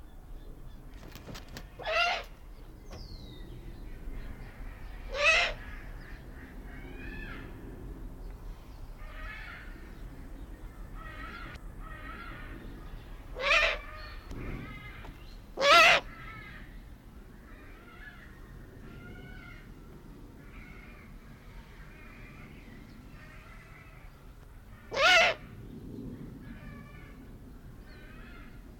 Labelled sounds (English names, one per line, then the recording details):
Eurasian Eagle-owl call
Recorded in captivity
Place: Timmendorfer Strand, Holsteinische Schweiz, Schleswig-Holstein, DE
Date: 1992-09-21 15:51
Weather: sonnig, 22°C
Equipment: Marantz CP 430, Sennheiser ME 80, Kopie Tesla B 116
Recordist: Tembrock, Günter